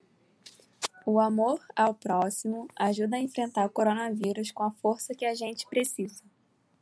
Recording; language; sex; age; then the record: spoken sentence; Brazilian Portuguese; female; 20 to 29 years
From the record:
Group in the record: control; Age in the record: 23 years